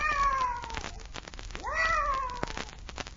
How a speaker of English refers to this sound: I wonder what that cat was doing here. Probably mascot for a regiment of witches.